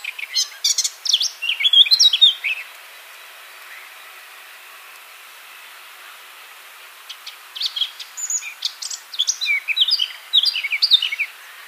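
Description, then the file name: Eurasian blackcap song in two bursts, each a quick mix of scratchy twitters and bright whistled notes, separated by several seconds of quiet. "Sylvia atricapilla"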